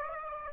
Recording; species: mosquito wingbeat signal from an infrared sensor; Aedes aegypti